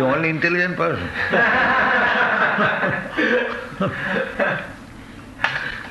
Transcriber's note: laughter